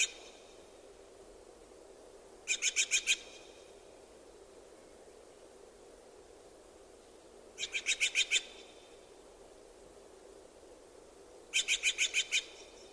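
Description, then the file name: Steller's jay giving three short bursts of about five harsh, rapid notes each, spaced roughly four to five seconds apart over a quiet hiss. "Canto do gaio de steller"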